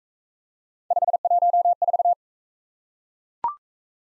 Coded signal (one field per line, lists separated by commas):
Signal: Morse code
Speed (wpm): 40 wpm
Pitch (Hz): 700 Hz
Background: none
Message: 514